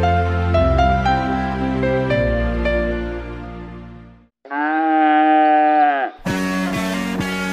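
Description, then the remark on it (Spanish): Gentle music plays, then breaks off for one long, sustained cow moo, steady and loud with a rich harmonic tone, before the music comes back in. “Y las vacas dan más leche si escuchan música relajante.”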